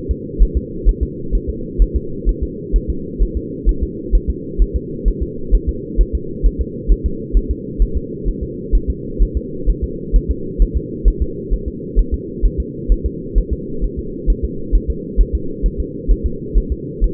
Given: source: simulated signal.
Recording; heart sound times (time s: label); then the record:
fetal heart sounds
0.11 s: S2
0.43 s: S1
0.57 s: S2
0.89 s: S1
1.03 s: S2
1.35 s: S1
1.50 s: S2
1.82 s: S1
1.96 s: S2
2.29 s: S1
2.43 s: S2
2.76 s: S1
2.90 s: S2
3.23 s: S1
3.37 s: S2
3.69 s: S1
3.83 s: S2
4.15 s: S1
4.30 s: S2
4.62 s: S1
4.76 s: S2
5.08 s: S1
5.23 s: S2
5.55 s: S1
5.69 s: S2
6.01 s: S1
6.15 s: S2
6.46 s: S1
6.61 s: S2
6.92 s: S1
7.06 s: S2
7.37 s: S1
7.51 s: S2
7.82 s: S1
7.97 s: S2
8.29 s: S1
8.43 s: S2
8.75 s: S1
8.90 s: S2
9.22 s: S1
9.37 s: S2
9.69 s: S1
9.84 s: S2
10.16 s: S1
10.31 s: S2
10.62 s: S1
10.77 s: S2
11.08 s: S1
11.22 s: S2
11.53 s: S1
11.68 s: S2
11.99 s: S1
12.14 s: S2
12.45 s: S1
12.60 s: S2
12.92 s: S1
13.06 s: S2
13.38 s: S1
13.53 s: S2
13.84 s: S1
13.99 s: S2
14.30 s: S1
14.44 s: S2
14.75 s: S1
14.90 s: S2
15.21 s: S1
15.35 s: S2
15.66 s: S1
15.80 s: S2
16.11 s: S1
16.26 s: S2
16.58 s: S1
16.72 s: S2
17.04 s: S1
From the record:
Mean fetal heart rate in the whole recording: 130 bpm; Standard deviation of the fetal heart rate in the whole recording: 2 bpm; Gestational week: 36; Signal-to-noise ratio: -4.3 dB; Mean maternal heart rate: 72 bpm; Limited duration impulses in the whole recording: absent